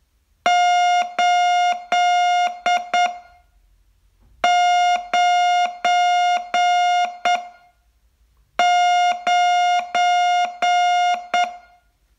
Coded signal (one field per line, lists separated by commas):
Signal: Morse code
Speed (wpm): 9 wpm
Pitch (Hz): 710 Hz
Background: none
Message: 899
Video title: Learn Morse in 42 Days from VU2LAU - day 42